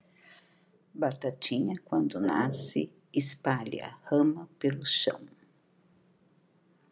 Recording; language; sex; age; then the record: short text; Brazilian Portuguese; female; 50 to 59 years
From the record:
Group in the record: control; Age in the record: 54 years